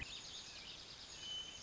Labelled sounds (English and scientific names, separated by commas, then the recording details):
Western Meadowlark (Sturnella neglecta)
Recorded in Sonoma County, California